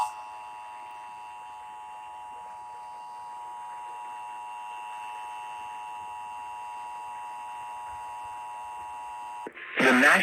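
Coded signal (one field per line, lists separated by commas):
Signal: Emergency Alert System (SAME) tones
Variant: 853 and 960 Hz attention tone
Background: speech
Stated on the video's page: Live broadcast radio and stream relay of Emergency Alert System tones for Severe Thunderstorm Warnings in northern Utah.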